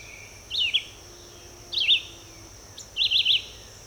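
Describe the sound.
Red-eyed vireo song: three short, slurred warbling phrases about a second apart, over a steady high hiss.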